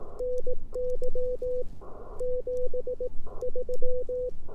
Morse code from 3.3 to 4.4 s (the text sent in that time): 3